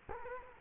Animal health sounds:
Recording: mosquito wingbeat signal from an infrared sensor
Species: Culex quinquefasciatus

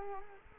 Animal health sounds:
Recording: mosquito wingbeat signal from an infrared sensor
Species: Culex quinquefasciatus

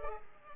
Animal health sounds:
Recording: mosquito wingbeat signal from an infrared sensor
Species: Culex pipiens

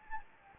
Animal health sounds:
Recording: mosquito wingbeat signal from an infrared sensor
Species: Anopheles gambiae

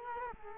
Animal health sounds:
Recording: mosquito wingbeat signal from an infrared sensor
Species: Culex quinquefasciatus

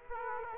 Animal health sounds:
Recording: mosquito wingbeat signal from an infrared sensor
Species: Aedes aegypti

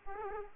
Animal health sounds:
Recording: mosquito wingbeat signal from an infrared sensor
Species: Aedes aegypti

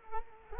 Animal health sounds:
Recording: mosquito wingbeat signal from an infrared sensor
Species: Culex quinquefasciatus

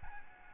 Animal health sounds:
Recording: mosquito wingbeat signal from an infrared sensor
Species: Aedes albopictus

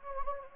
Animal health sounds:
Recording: mosquito wingbeat signal from an infrared sensor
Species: Anopheles gambiae

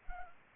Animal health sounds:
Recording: mosquito wingbeat signal from an infrared sensor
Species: Culex pipiens

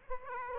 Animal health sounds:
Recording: mosquito wingbeat signal from an infrared sensor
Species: Aedes aegypti

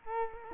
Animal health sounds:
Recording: mosquito wingbeat signal from an infrared sensor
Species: Culex quinquefasciatus

